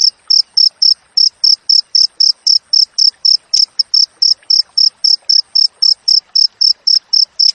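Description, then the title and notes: Cricket chirps, sharp high pulses repeated rapidly and evenly, one brief irregular pulse midway, faint soft noises in the background. Wild cricket chirping with close spacing between chirps, used as tutor audio for training songbirds and to repel rats. "Masteran Jangkrik Alam Jernih, Jeda Rapat Cocok Untuk Masteran Burung Dan Mengusir Tikus. suara jangkrik"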